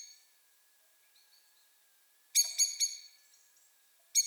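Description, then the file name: Common blackbird calls: three loud, hard chinks close together, then one more after a pause, with a faint twitter in the background. "Turdus merula"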